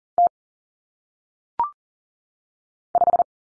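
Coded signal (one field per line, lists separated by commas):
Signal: Morse code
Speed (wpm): 40 wpm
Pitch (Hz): 700 Hz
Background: none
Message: T 5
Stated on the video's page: Single-digit cut-number drill at 40 wpm for head-copy, with T, A, N standing for 0, 1, 9; each number sent in Morse, then spoken, then sent again.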